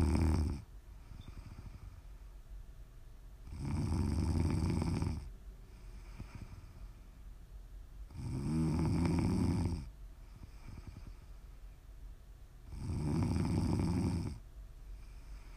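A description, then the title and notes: Deep snoring rises and falls in slow, regular cycles, with loud rumbling snores at about 0, 4, 8.5 and 13 seconds, each lasting over a second. Between them come quieter, airy exhales and soft breathing. ASMR snoring.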